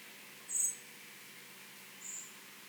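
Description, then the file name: Common blackbird giving a thin, very high note, then a fainter second one about one and a half seconds later, over steady background hiss. "Turdus merula"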